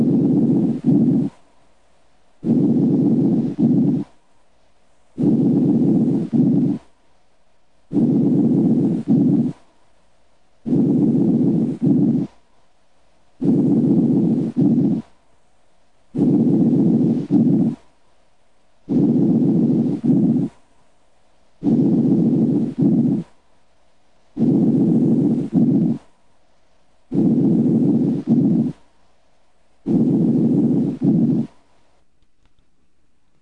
Normal breath sounds heard over the mid-lung. Inspiration is usually followed immediately by a shorter expiration. These sounds have a low pitch that can be heard with either the diaphragm or bell of the stethoscope.